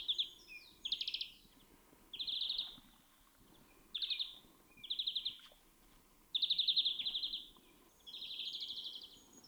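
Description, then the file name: European greenfinch giving a series of short nasal wheezes and stuttering trilled bursts with brief gaps between them, over a soft steady background hiss. "Chloris chloris"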